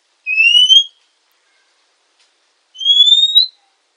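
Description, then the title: Oriental magpie-robin: a pair of smooth, rising whistled calls separated by about two seconds of silence. Female. "kacer_betina"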